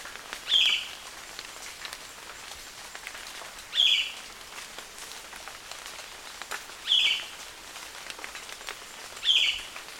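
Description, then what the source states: Tongan megapode calling: four brief, bright notes spaced roughly every three seconds, against a hissing background with faint crackles. Calls recorded at dawn.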